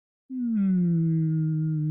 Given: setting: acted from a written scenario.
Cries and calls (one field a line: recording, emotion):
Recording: vocal sound without words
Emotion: sadness